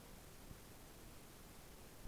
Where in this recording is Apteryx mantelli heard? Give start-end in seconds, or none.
none